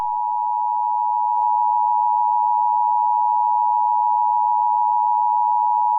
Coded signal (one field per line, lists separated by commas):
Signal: Emergency Alert System (SAME) tones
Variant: 853 and 960 Hz attention tone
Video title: EAS Scenario Moon Collision REMASTERED PREVIEW